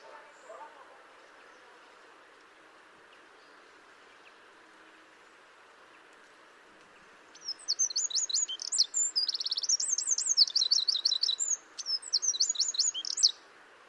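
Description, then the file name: Eurasian wren: quiet hiss for about seven seconds, then a loud rapid song of high trills, rattles and piercing notes lasting about six seconds. "Troglodytes troglodytes"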